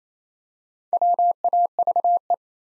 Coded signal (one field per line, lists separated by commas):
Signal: Morse code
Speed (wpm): 27 wpm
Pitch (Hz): 700 Hz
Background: none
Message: WAVE